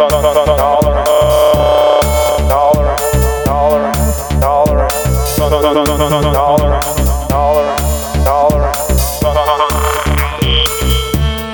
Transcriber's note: long raspberry